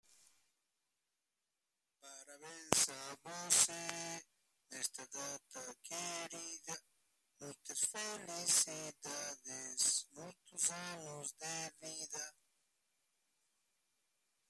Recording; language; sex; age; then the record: short text; Brazilian Portuguese; male; 50 to 59 years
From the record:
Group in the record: control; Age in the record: 52 years